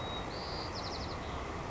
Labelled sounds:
White-crowned Sparrow
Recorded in Sonoma County, California

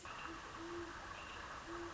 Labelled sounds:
Great Horned Owl
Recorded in Sonoma County, California

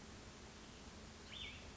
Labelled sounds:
Cassin's Vireo
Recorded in Sonoma County, California

